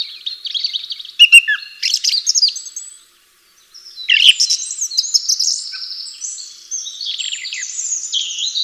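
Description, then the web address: Bird song: busy high twittering and warbling, a short silence around three seconds, then a long rambling phrase of buzzy trills and chirps. "atelierson sons birds"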